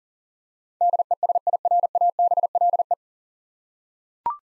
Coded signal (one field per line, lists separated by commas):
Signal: Morse code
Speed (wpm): 37 wpm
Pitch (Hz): 700 Hz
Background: none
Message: DESIRABLE